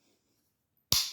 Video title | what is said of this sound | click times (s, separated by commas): Tyrant CNC +2 mag base full review #capacity #shield #smithandwesson | just locks and snaps into place and it is 100% secure no rattle | 0.9 s